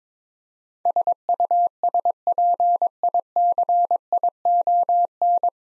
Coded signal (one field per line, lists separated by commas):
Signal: Morse code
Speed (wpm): 22 wpm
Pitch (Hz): 700 Hz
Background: none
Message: SUSPICION